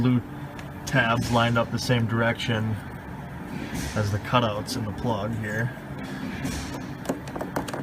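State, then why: Not seated. Someone talks while the electrical plug is lined up, blue tabs matched to the cutouts, to be pushed up onto the fuel pressure regulator of a 2000-2002 Dodge Neon. Toward the end, a few faint, short handling ticks are heard between 7.1 and 7.7 s. Nothing has seated or clicked yet.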